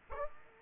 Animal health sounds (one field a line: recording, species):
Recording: mosquito wingbeat signal from an infrared sensor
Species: Aedes aegypti